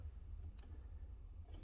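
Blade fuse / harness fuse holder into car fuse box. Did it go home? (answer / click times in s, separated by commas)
yes / 0.3 s, 0.6 s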